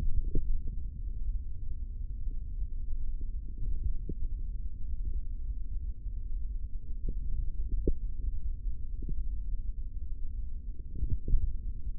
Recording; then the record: forearm muscle sounds (acoustic myography)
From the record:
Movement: tripod grip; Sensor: system 3, bracelet of six PUI Audio POM-2738L microphones around the upper forearm, with dedicated amplification and filtering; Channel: 2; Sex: male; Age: 25 years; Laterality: right